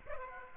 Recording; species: mosquito wingbeat signal from an infrared sensor; Aedes aegypti